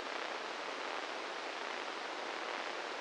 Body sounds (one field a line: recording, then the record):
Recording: brain microelectrode recording played as sound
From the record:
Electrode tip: inside the subthalamic nucleus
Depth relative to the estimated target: -1 mm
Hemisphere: right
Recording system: NeuroSet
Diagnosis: Parkinson's disease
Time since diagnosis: 8 years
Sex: male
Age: 58 years